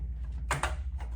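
An acrylic shelf piece is pushed into its slot in the frame of a 4-sided, multi-tiered rotating acrylic display stand. Two sharp plastic clicks land at 0.5 s and 0.6 s over a steady low hum, followed by a fainter tap near 1.0 s. The shelf is seated in the stand.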